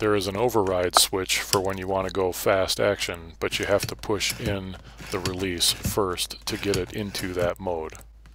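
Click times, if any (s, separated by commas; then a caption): none. Someone talks while handling the override switch on a Saber Tactical pump-action unit fitted to a PCP air rifle, explaining that the release must be pushed in before the switch can be set to fast-action mode. Speech fills the clip, and nothing has seated or clicked yet by the time it ends.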